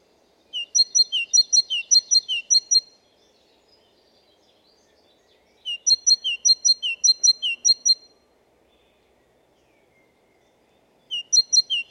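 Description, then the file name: Great tit delivering three bursts of its see-saw song, rapidly repeated two-note phrases, with quiet gaps between. "Parus major"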